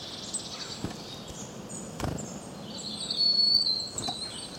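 Bird chirping with a clear, steady high whistle late on, among faint twitters, a few soft clicks and a constant background hiss.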